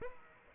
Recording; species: mosquito wingbeat signal from an infrared sensor; Aedes aegypti